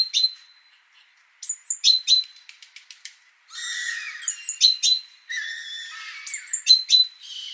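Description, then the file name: Great tit calls: high sharp notes and piping tones alternating with long harsh, buzzy churring scolds. "Parus major"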